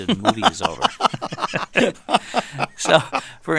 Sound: soundbite of laughter

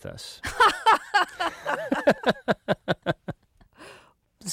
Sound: laughs

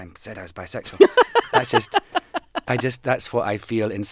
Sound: laughter

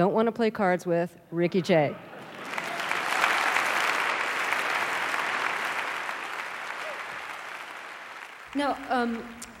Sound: applause

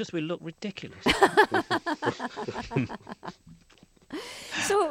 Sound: soundbite of laughter

